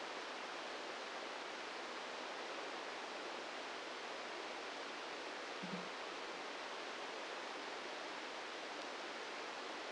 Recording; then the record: brain microelectrode recording played as sound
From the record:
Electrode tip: inside the subthalamic nucleus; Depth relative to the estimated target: -1 mm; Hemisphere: left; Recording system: NeuroSet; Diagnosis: Parkinson's disease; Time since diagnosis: 8 years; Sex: male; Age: 46 years